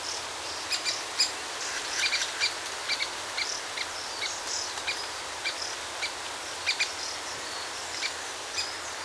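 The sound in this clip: Bird song of short, high chirps scattered irregularly throughout, some in quick pairs, over a steady hiss of background noise.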